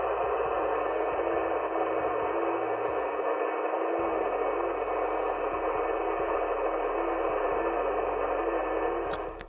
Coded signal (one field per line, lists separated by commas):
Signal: FT8